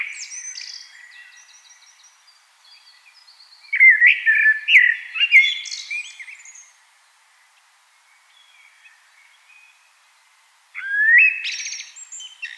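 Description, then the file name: Common blackbird singing: a quiet, scratchy opening, then a loud fluting warbled phrase with high twittery notes, and after a silence a second phrase begins. "Turdus merula"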